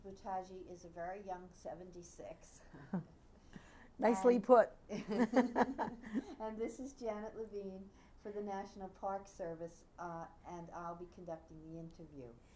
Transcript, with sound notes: Buttaggi is a very young seventy-six.
Nicely put. (They laugh)
And this is Janet Levine for the National Park Service, and I'll be conducting the interview.